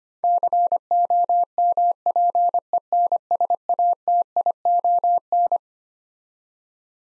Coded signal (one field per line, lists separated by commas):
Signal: Morse code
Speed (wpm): 25 wpm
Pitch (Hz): 700 Hz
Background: none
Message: COMPENSATION